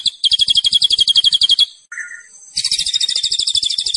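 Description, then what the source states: Zebra finch song: rapid, even trill of sharp high notes, a brief lower buzzy note after a pause, then the fast chattering trill resumes. Caged songbird known locally as tembakan, singing vigorously (gacor); master recording made for training other cage birds.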